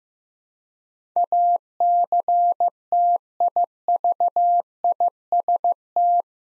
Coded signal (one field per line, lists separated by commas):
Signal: Morse code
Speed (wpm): 15 wpm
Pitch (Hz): 700 Hz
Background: none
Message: ACTIVIST